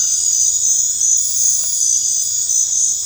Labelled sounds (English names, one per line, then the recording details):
none
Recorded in dense forest near Puerto Asís, Putumayo, Colombia, on 22 December 2024 at 23:00
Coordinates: 0.468, -76.322
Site G071